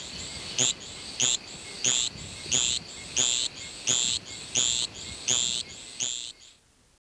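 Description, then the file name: Javelin frog call: a series of thin, high chirps spaced about two-thirds of a second apart, stopping near the end. "Litoria microbelos"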